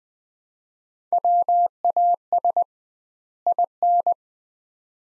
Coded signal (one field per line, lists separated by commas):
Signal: Morse code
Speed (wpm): 20 wpm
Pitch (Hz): 700 Hz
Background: none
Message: WAS IN